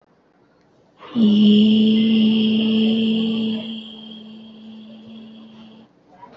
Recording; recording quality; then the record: sustained vowel as in made; excellent, no background noise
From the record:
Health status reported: healthy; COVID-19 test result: negative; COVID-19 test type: RT-PCR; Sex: female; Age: 22 years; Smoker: no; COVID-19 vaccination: both doses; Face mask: worn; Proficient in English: yes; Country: India